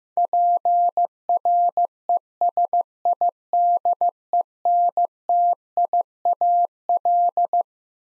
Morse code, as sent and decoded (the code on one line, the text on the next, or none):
.--. .-. . ... .. -.. . -. - .. .- .-..
PRESIDENTIAL